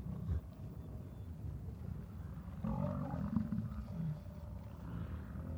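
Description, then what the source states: Bison giving a low, growling bellow midway through, with softer rumbles throughout. In Yellowstone during the rut.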